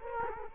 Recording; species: mosquito wingbeat signal from an infrared sensor; Culex quinquefasciatus